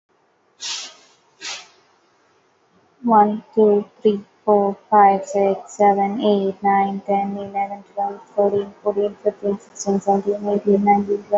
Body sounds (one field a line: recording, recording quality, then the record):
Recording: counting at a fast pace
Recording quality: excellent, no background noise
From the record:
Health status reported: COVID-19 positive, mild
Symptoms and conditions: cough, cold, sore throat, fever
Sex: female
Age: 23 years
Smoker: not ticked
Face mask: not worn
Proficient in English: yes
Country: India